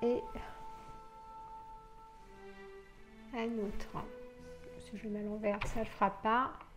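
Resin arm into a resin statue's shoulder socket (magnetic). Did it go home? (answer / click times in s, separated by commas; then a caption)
no / none. Someone talks over background music while handling a swap-in resin arm for a resin statue of Sasha/Athena, chosen after another arm was rejected, bringing it toward the statue's magnetic shoulder socket. Nothing has seated or clicked yet by the end of the clip.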